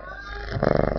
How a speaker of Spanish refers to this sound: ¿Se escucha como ronronea? Vamos a ver. No se escucha, creo. ¿Sí se escucha? Qué tierno, ¿no? Es muy regalón.